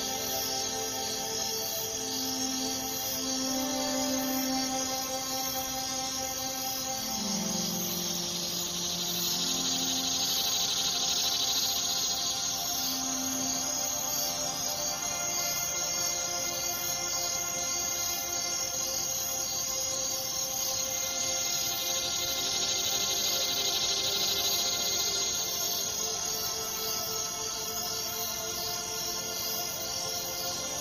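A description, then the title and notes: A dense, unbroken chorus of Everglades wildlife, with many steady buzzing and trilling tones layered together. A bright, hissing insect drone swells twice, early on and again past twenty seconds, while a few lower croaking notes come and go in the first fifteen seconds. Sounds of The Everglades. Nature sounds from the Florida Everglades.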